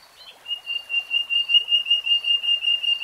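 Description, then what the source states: Nightingale song: one pure whistled note repeated rapidly and steadily, swelling in volume, with faint higher notes above. Nightingale singing in real time.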